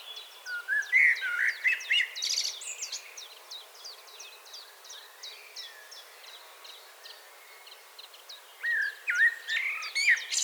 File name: Turdus merula 181122